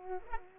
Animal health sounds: mosquito wingbeat signal from an infrared sensor; Culex pipiens

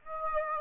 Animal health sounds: mosquito wingbeat signal from an infrared sensor; Aedes aegypti

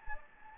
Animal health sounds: mosquito wingbeat signal from an infrared sensor; Anopheles gambiae

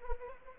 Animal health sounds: mosquito wingbeat signal from an infrared sensor; Anopheles arabiensis

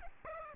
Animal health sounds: mosquito wingbeat signal from an infrared sensor; Aedes aegypti

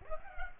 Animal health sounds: mosquito wingbeat signal from an infrared sensor; Culex pipiens

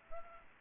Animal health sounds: mosquito wingbeat signal from an infrared sensor; Aedes aegypti

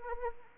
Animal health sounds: mosquito wingbeat signal from an infrared sensor; Anopheles arabiensis

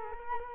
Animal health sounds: mosquito wingbeat signal from an infrared sensor; Culex quinquefasciatus

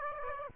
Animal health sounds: mosquito wingbeat signal from an infrared sensor; Aedes aegypti

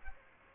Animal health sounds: mosquito wingbeat signal from an infrared sensor; Aedes aegypti

